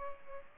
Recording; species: mosquito wingbeat signal from an infrared sensor; Culex pipiens